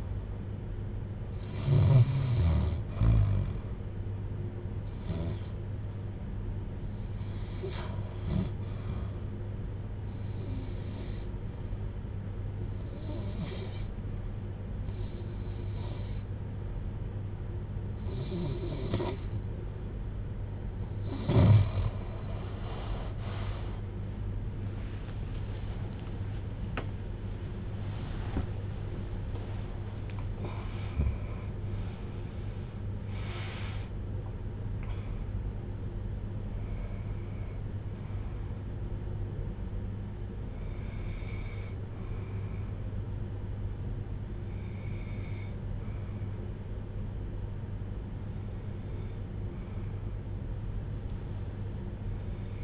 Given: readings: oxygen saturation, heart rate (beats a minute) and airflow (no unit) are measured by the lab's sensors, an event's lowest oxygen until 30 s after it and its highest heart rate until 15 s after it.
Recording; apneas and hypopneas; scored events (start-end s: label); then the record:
breathing in sleep by a smartphone at the bedside; 1
9.00-26.80 s: hypopnea (REM, oxygen 93% highest, then 91% lowest, heart rate 71 at the start, 99 highest)
From the record:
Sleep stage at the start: REM sleep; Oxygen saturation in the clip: 88 to 96%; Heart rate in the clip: 55 to 99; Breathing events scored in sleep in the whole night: 310 in 8.1 hours asleep